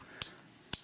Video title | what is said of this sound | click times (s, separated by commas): Heritage Manufacutring Inc. Rough Ryder Combo Review | second click so that's two clicks | 0.2 s, 0.7 s